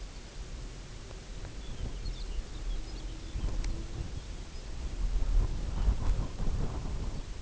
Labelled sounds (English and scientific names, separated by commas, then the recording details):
unidentified sound, Pectoral Sandpiper (Calidris melanotos), Lapland Longspur (Calcarius lapponicus)
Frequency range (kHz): Lapland Longspur (Calcarius lapponicus) 2.2-6.1 kHz
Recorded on Arctic tundra, site UTQI-0, on 16 June 2019
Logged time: 20:00